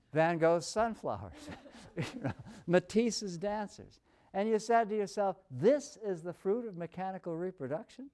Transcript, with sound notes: Van Gogh’s Sunflowers and [laughter] [laughs] Matisse’s Dancers. You said to yourself, This is the fruit of mechanical reproduction?